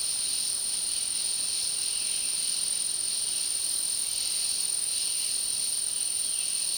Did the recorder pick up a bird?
no